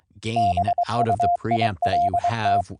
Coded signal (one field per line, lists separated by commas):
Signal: Morse code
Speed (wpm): 23 wpm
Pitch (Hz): 700 Hz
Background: speech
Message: BUILT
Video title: Python APP for a VLF 12Khz AM modulated Transmitter & Receiver - VOICE & CW over iP - Live DEMO